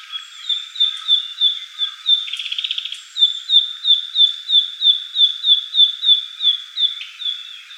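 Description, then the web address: Narcissus flycatcher repeating short high chirps a few times a second, briefly interrupted early on by a quick buzzy rattle before the even series resumes. Recorded 21 May 2015. "birdenaga kibitaki 150521"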